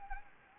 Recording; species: mosquito wingbeat signal from an infrared sensor; Anopheles gambiae